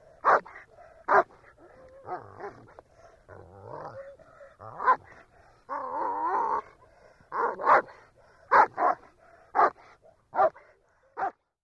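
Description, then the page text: German Shepherd dog barking irregularly, with drawn-out whining and a long moaning whine midway, then a series of sharp barks toward the end. Shepherd dog barking quietly. "Звук овчарка гавкает. Звук Немецкая овчарка"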